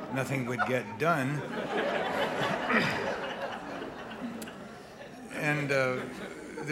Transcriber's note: soundbite of laughter